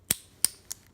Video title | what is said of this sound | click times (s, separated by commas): $100 fleamarket review part1 | click down two | 0.1 s, 0.4 s